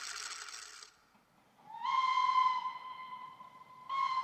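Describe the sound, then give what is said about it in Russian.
A steam locomotive whistle sounds at a railway in the Netherlands in 1845: a burst of hissing steam, then a long, steady, bright whistle blast rich in overtones for about two seconds, before the hiss returns. “Мы стоим около железной дороги в Нидерландах в 1845 году.”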